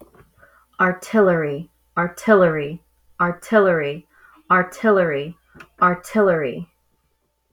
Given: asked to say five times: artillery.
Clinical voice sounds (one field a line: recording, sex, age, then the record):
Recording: repeated word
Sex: female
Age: 30 to 39 years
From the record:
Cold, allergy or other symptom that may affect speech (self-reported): no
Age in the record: 31 years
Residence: Kentucky, United States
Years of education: 12